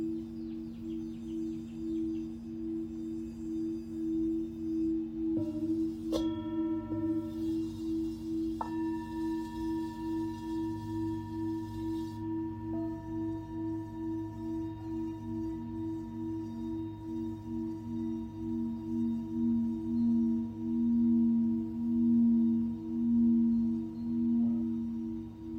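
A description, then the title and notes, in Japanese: Singing bowls ring in a long, steady drone for sound healing, two low tones sustained throughout with a slow, regular pulsing beat. Around six seconds, and again near nine and thirteen, lighter strikes add higher ringing tones that linger. The swell grows fuller toward the end. シンギングボウルのサウンドヒーリング。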